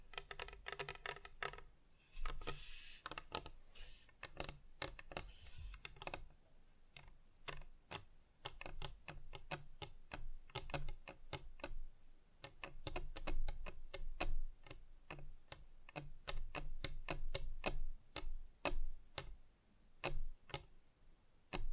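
Quick, uneven tapping on different surfaces, dense sharp clicks throughout, with a brighter rustling burst around three seconds and a low hum underneath.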